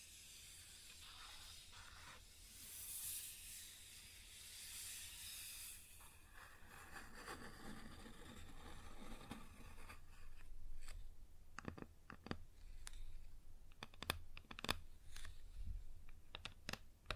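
Fingers tap and scratch across a wooden surface. The first six seconds hold a soft, airy scraping with a hiss on top, then a rougher scratching swells around eight seconds. From about ten seconds on, sharp, irregular taps and clicks come quickly, like typing on a keyboard.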